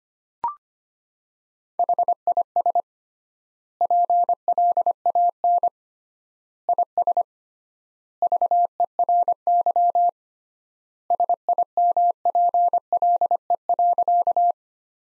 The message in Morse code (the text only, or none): HIS PLAN IS VERY SIMPLE.